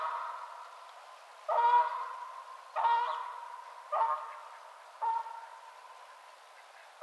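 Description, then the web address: Canada goose giving nasal honks, four or five separate calls spaced roughly a second apart over a hissing background. Recorded 22 March 2007. "Canada Goose 2007 03 22"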